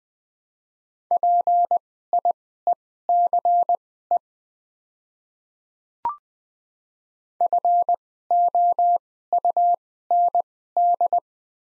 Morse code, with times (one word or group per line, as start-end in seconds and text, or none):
1.1-4.2 PIECE
7.4-11.2 FOUND